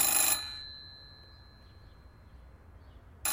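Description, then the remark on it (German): A telephone rings with a steady, high electronic tone held for about two and a half seconds, fairly soft, framed by brief bursts of loud, noisy sound at the start and end. “Eines schönen Tages hatte ich es bis zum späten Nachmittag bereits auf eine beachtliche Zahl von Entsaftungen gebracht, als das Telefon klingelte.”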